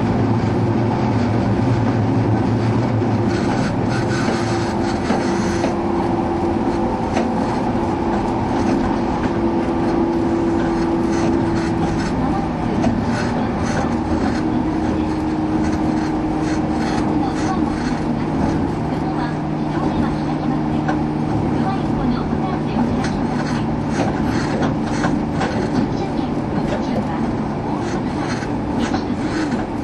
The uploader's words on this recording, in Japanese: 103系 播但線普通 01/01:姫路～寺前。播但線＂の列車走行音。